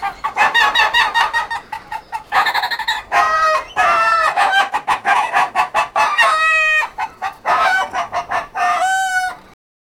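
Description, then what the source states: Chicken clucking: rapid, choppy clucks mixed with longer drawn-out squawking calls, flowing almost without pause throughout. Busy chicken.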